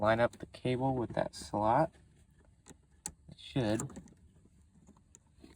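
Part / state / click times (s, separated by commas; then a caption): parking brake cable end into e-brake handle slot / seated / 5.2 s. A parking brake cable end is lined up with the slot in a new e-brake handle and pushed in while someone talks. A few faint ticks follow, then a sharp pop at 5.2 s as the cable end seats in the slot.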